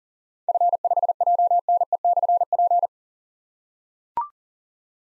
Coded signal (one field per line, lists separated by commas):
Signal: Morse code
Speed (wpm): 40 wpm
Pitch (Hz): 700 Hz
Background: none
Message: F5JNE/P